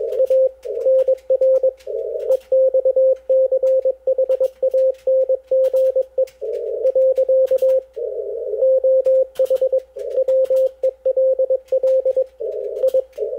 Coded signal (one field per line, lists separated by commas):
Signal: Morse code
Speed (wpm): 22 wpm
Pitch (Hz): 530 Hz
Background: radio noise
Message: A NR EXCHANGE . OH WELL I